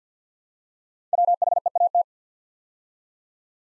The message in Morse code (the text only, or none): WHEAT